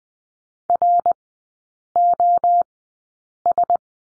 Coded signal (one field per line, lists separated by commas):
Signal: Morse code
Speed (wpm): 20 wpm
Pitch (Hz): 700 Hz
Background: none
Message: ROS